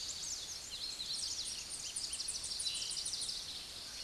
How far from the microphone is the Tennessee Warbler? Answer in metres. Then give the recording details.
about 25 m. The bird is about 15 m above the microphone. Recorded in a Pennsylvania forest on 16 May 2024 at 09:07. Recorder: AudioMoth, point MSD-2257. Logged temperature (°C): 16.0 °C. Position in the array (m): 165 m, 183 m